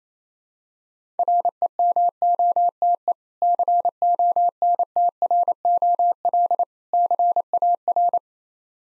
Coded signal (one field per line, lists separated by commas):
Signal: Morse code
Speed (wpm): 27 wpm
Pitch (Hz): 700 Hz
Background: none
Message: REMOTE CONTROL CAR